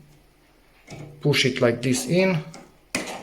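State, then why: Seated. Someone talks while the other end of a drawer locking piece for an IKEA MAXIMERA drawer is pushed by hand into the drawer frame. A sharp knock at 3.0 s marks the piece seating home, locking the drawer parts together.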